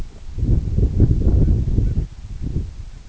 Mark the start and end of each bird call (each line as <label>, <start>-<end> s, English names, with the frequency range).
Canada Goose (1.2-2.9 kHz), 1.40-1.95 s
Canada Goose (1.3-2.6 kHz), 2.88-3.00 s